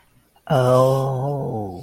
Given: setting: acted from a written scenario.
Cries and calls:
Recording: vocal sound without words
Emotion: embarrassment

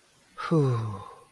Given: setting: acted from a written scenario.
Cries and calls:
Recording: vocal sound without words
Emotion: serenity

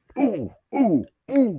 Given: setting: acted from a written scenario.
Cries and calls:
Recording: vocal sound without words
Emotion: triumph

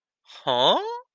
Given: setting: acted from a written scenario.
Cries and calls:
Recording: vocal sound without words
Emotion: confusion

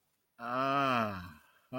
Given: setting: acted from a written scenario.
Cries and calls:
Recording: vocal sound without words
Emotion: romantic love

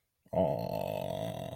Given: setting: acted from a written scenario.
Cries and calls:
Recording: vocal sound without words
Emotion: sympathy

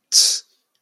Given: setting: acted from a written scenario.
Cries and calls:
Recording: vocal sound without words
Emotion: contempt

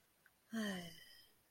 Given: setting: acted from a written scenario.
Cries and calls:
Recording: vocal sound without words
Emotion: serenity

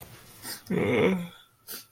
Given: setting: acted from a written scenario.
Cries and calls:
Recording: vocal sound without words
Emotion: sadness

